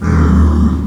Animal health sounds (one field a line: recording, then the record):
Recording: squeal of a Yucatan mini pig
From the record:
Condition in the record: after surgery on the right vocal fold (resection and tissue-engineered implant)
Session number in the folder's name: 16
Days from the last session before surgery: 183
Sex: female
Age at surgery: 19 weeks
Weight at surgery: 25 kg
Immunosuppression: prednisolone